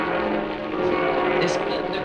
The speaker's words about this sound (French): Par exemple, cette demande pour les cloches, donc à la fenêtre théoriquement de ce studio d'essai, on demande à faire sonner les cloches.